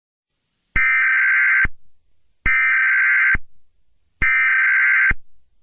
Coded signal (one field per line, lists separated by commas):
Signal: Emergency Alert System (SAME) tones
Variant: header bursts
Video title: EAS Mega Scenario: The Wrath of Chaos